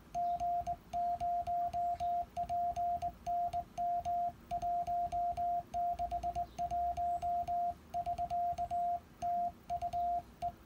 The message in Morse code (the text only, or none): G0PNM 161 <SK> TU E